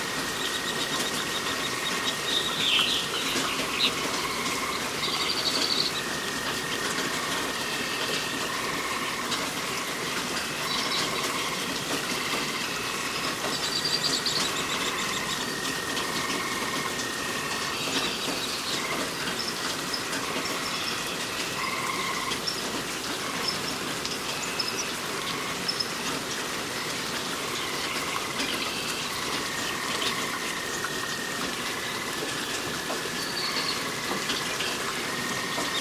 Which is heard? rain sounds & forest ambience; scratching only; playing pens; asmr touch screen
rain sounds & forest ambience